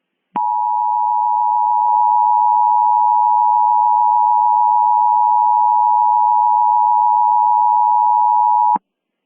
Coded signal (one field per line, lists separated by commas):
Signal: Emergency Alert System (SAME) tones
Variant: 853 and 960 Hz attention tone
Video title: #10 EAS Mock: The Headless Horsemen (Halloween Special 2023)